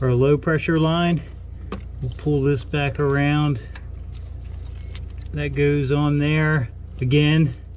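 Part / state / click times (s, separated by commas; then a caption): low-pressure fuel line coupling onto pump fitting / not seated / none. A low-pressure fuel line quick-connect coupling is brought around and handled toward its fuel pump fitting during a high-pressure fuel pump replacement on a GM truck, as someone talks over a steady low hum. A few faint, sharp metallic ticks and light jangling appear between the speech around 4.2, 5.0 and 5.1 seconds. The line has not yet seated or clicked onto the fitting.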